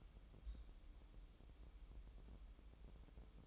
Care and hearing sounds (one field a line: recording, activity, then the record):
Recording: daily activity, microphone in the room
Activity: take from stove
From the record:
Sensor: 1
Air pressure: 988.4 hPa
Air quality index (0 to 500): 202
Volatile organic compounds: 1000 ppm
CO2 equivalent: 5409 ppm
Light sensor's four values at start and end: 27/98/37/39 and 27/98/37/39